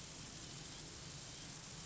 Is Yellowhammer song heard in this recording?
no